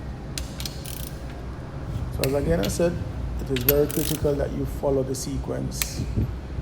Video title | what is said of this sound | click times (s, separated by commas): How to remove and replace a cylinder from a static engine | torque wrench until he hears that click when you hear that click he knows that he needs to stop it does reach the required torque setting so | 0.4 s